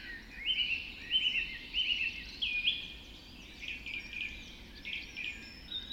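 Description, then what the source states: Birds chorusing, a bright warbled phrase repeated several times at first, then softer phrases. Dawn chorus recorded just after dawn in the Forest of Dean.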